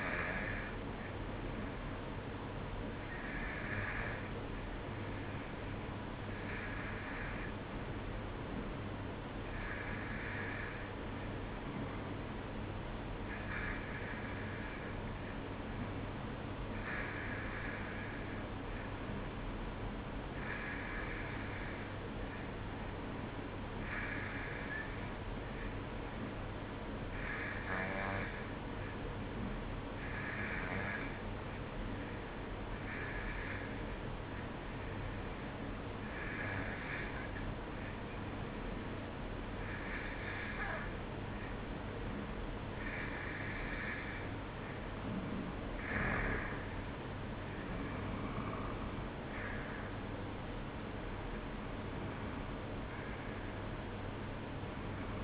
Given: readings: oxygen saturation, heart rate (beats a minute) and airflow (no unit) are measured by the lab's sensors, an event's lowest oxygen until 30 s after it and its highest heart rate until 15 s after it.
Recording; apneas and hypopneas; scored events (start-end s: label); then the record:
breathing in sleep by a voice recorder at the bedside; 1
6.00-49.00 s: hypopnea (N1, oxygen 93% highest, then 91% lowest, heart rate 55 at the start, 59 highest)
From the record:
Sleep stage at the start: N1 (lightest sleep); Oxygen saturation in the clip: 91 to 93%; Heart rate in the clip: 54 to 59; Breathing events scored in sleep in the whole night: 305 in 9.6 hours asleep